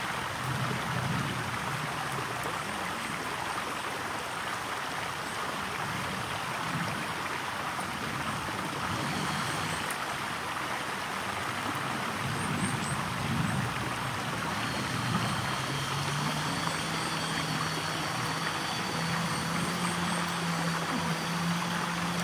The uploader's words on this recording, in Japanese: 春の小川。今回は特に奇を衒わず、ひたすら川の音です。増水するたびに少しづつ流れが変わってるんですが、川の水自体は通年ほぼ一定ですね。Mic: huawei nova lite 2。